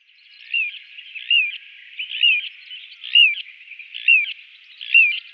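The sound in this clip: Little ringed plover calling: a clear, high, downslurred whistled note repeated about once a second, six times, over a faint steady hiss.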